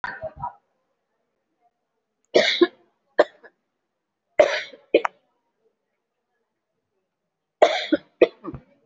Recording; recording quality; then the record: heavy voluntary cough; excellent, no background noise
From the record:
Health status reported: COVID-19 positive, moderate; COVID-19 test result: positive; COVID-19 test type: RT-PCR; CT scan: taken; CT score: 2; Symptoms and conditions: breathing difficulty, another respiratory illness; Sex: female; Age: 78 years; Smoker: no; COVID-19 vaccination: one dose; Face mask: worn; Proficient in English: no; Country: India